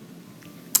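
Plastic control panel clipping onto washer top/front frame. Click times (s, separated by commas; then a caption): 0.8 s. A washer's plastic control panel, hooked in at the bottom first, is pushed in at the top to clip onto the washer's top/front frame. A low, steady background hum runs until a sharp, loud click at 0.8 s as the panel clips snap into place, seated.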